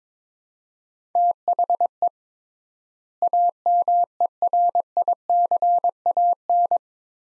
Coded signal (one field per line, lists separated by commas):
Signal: Morse code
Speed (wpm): 22 wpm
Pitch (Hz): 700 Hz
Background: none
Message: THE AMERICAN